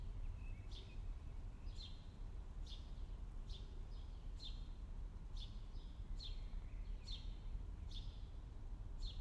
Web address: Tom Hutchings Europe France Paris City Avenue Early Morning Song Birds Distant Traffic